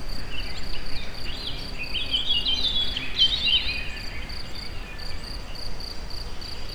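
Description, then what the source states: Insects chirping in a high, steady pulsed trill, with bird chirps and twitters in the middle and a low background rumble. Recorded in nature at very close range at the Eger tourist house (Egerturistaház).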